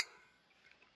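An RJ45 network plug is lined up with the slot in a keyed cable plug housing and pushed in until it clicks. After a sharp onset that fades, two faint tick-like clicks are heard at 0.7 s and 0.8 s. The plug is seated and secured.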